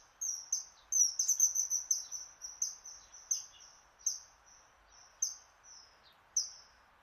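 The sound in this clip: Bird song of thin, very high whistled notes, repeated rapidly at first, then slowing to spaced single notes toward the end, over a faint steady background hiss.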